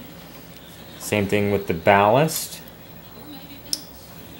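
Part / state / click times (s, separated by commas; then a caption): lamp ballast cable connector into its socket in a DLP TV / seated / 3.7 s. Someone talks while the lamp ballast cable's plastic connector is pushed into its socket inside the light engine of a Samsung DLP TV during a white-spot repair. A sharp, short click sounds at 3.7 s as the connector seats and locks in place.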